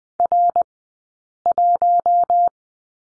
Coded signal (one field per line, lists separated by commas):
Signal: Morse code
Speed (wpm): 20 wpm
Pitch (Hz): 700 Hz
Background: none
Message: R1